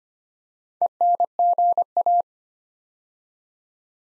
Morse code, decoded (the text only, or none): ENGA